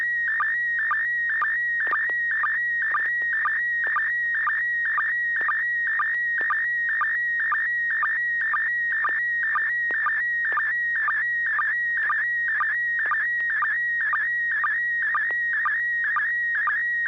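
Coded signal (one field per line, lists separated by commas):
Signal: SSTV (slow-scan television)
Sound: warbling whistle-like tone with steady ticking sync chirps about twice a second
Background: low hum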